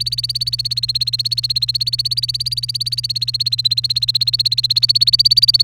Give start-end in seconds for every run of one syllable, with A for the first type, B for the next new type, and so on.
0.00-5.63 A